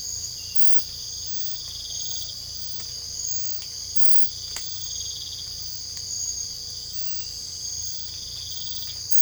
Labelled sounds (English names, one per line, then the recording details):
none
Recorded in secondary vegetation near Puerto Asís, Putumayo, Colombia, on 18 December 2024 at 05:30
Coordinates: 0.499, -76.323
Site G010